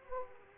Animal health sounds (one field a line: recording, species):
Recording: mosquito wingbeat signal from an infrared sensor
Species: Aedes aegypti